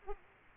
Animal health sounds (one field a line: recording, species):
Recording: mosquito wingbeat signal from an infrared sensor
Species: Aedes aegypti